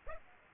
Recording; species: mosquito wingbeat signal from an infrared sensor; Aedes aegypti